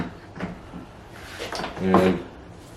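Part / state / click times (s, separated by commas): rubber grommet/camera trim piece into rear hatch / not seated / none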